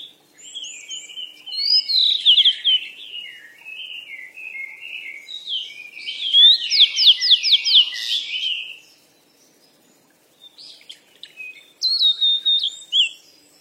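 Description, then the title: Bird song of varied chirps and a fast trill of upswept notes, a short quiet gap, then a brief final twittering phrase. "鸟儿喳喳"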